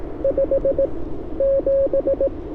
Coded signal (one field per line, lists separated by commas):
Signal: Morse code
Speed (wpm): 18 wpm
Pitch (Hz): 500 Hz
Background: radio noise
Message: 5 7